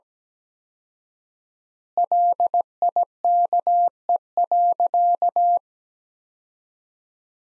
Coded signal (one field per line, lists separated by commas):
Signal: Morse code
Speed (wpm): 17 wpm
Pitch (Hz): 700 Hz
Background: none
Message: LIKE.